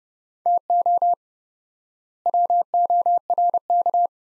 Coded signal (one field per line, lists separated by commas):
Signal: Morse code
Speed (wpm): 30 wpm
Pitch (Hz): 700 Hz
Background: none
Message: TO WORK